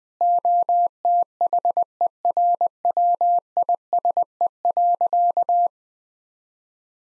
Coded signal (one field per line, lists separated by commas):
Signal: Morse code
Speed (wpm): 21 wpm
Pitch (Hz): 700 Hz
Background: none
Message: OTHERWISE.